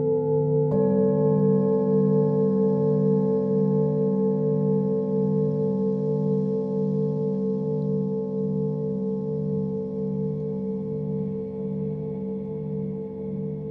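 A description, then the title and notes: A singing bowl rings with a steady, sustained hum, its low tones pulsing in a slow, regular wobble throughout. Just under a second in, a soft strike adds a brief brighter ring, and the layered tones then hold evenly, fading only slightly toward the end. Singing Bowl Sound Therapy.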